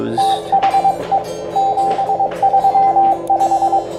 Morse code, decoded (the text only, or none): THE 735